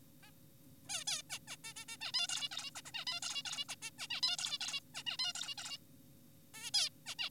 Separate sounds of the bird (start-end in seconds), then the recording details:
0.23-0.31, 0.89-1.04, 1.08-1.22, 1.30-1.39, 1.48-1.56, 1.64-1.74, 1.76-1.85, 1.88-1.97, 2.01-2.12, 2.14-2.28, 2.29-2.49, 2.52-2.70, 2.76-2.82, 2.86-2.92, 2.94-3.05, 3.07-3.20, 3.23-3.42, 3.46-3.65, 3.69-3.76, 3.82-3.91, 3.99-4.08, 4.10-4.21, 4.23-4.37, 4.38-4.58, 4.61-4.80, 4.94-5.03, 5.07-5.17, 5.19-5.33, 5.35-5.54, 5.58-5.78, 6.54-6.71, 6.74-6.90, 7.06-7.15, 7.19-7.30. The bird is an adult. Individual g4p5U